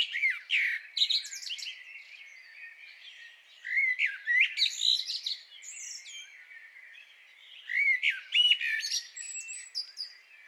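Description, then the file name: Common blackbird song with rich fluty notes breaking into thin, high-pitched chattering endings, phrases spaced a few seconds apart. "Turdus merula"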